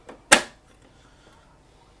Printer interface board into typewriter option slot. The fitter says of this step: into the centered position and it clicks in place and